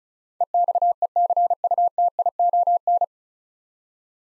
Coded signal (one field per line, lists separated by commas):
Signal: Morse code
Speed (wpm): 34 wpm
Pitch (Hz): 700 Hz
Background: none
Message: EXECUTION